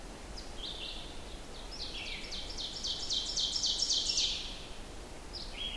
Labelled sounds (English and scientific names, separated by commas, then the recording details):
Ovenbird (Seiurus aurocapilla) song
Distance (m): 25 m
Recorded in boreal forest in Alberta, Canada, on 14 June 2016 at 07:12
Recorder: SongMeter 3, array SBT-3-33
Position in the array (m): 96 m, 142 m
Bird 21